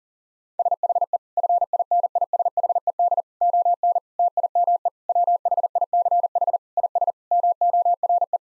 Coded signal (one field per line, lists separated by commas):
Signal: Morse code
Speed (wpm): 37 wpm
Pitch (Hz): 700 Hz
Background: none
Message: SHE FINISHED ON TIME WHICH IS MORE